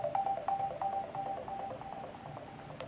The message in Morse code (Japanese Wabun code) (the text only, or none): none